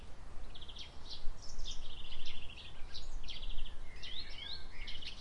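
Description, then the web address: Birds singing loudly, with buzzy high trills and rising whistled phrases overlapping, over a low background rumble. Summer birds on a quiet day. "il suono degli uccelli estivi in una giornata tranquilla"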